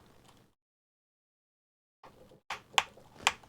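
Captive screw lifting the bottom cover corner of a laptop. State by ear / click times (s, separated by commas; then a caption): released / 2.8 s, 3.3 s. A captive screw being unscrewed on the plastic bottom cover of a Dell Vostro 5515 laptop lifts the back corner of the cover until it clicks free. After a quiet start, soft handling noise gives way to sharp clicks at 2.8 s and 3.3 s. The corner pops open, leaving a gap for a plastic pry tool.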